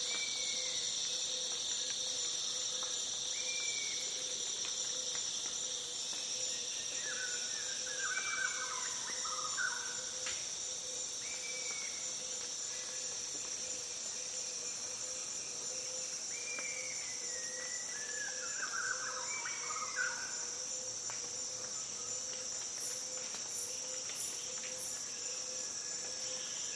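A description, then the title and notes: Rainforest ambience in Borneo, carried by a steady, dense wash of insect and cricket buzzing with high piercing tones that never let up. Over it, scattered bird calls slide downward in short phrases, clustering around 8 to 10 seconds and again near 18 to 21 seconds. A beautiful and calm atmosphere recorded in Borneo's rainforest.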